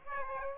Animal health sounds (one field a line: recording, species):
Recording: mosquito wingbeat signal from an infrared sensor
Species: Aedes aegypti